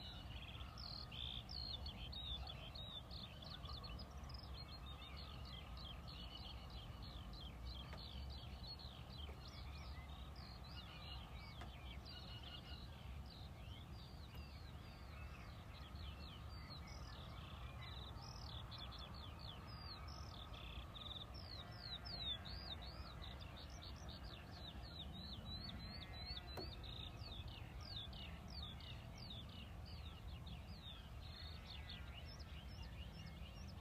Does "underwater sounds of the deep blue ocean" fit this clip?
no